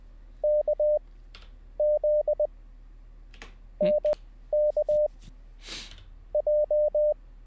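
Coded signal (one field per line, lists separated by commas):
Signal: Morse code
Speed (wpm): 20 wpm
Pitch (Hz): 600 Hz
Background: none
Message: KZNKJ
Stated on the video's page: Live Morse code learning session, beginner CW practice.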